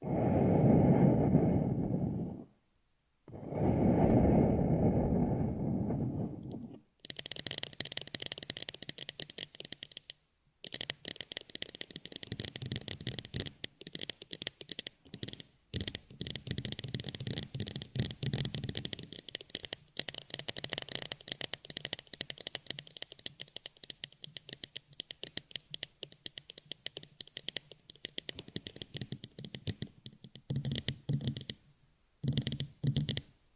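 Fingernails tap rapidly on a headphone in a dense, brittle stream of clicks from about seven seconds on, pausing briefly near ten and thirty-two seconds. It opens with two heavy, low rumbling bursts, like the headphone being rubbed or handled.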